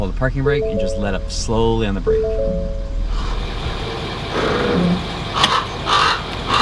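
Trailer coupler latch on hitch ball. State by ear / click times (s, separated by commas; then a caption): seated / 5.4 s. Someone talks while a truck is eased forward off the brake, moving the hitch ball to the front of the trailer coupler. At 5.4 s a sharp click is heard as the steel coupler latch drops down behind the hitch ball and locks into place, fully seated.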